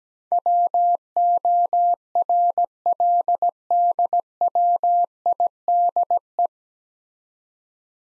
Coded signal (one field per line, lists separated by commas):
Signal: Morse code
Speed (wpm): 17 wpm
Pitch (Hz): 700 Hz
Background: none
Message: WORLDWIDE